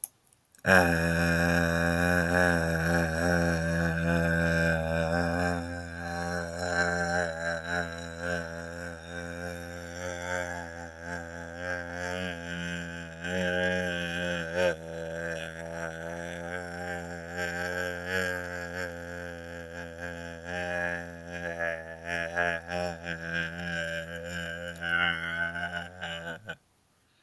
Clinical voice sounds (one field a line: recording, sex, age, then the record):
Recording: vowel held as long as possible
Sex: male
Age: 20 to 29 years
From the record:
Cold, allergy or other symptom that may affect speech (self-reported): no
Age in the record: 23 years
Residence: California, United States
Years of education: 13